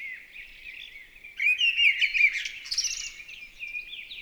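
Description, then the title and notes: Mistle thrush with one loud, varied phrase of whistled notes, framed by softer twittering. Recorded 28 March 2020 at Val Maravel in stereo on a Nagra LB with an MKH40 microphone; exceptional listening with no aircraft overhead; bird singing in full vocal fervour. "UNE DRAINE ENCHANTEE. 28 mars 2020-Val Maravel. Grive draine (Turdus viscivorus) dans toute sa ferveur vocale"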